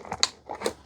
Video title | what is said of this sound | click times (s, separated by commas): Ecovacs X11 Pro First Look...Shocking! 😱 | Make sure that clicks into place. | 0.2 s